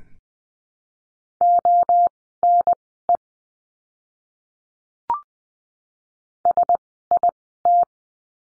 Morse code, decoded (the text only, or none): ONE SIT